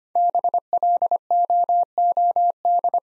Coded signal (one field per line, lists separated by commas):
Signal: Morse code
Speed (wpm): 25 wpm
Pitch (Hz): 700 Hz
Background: none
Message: BLOOD